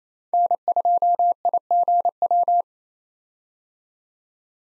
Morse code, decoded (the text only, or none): N2IGW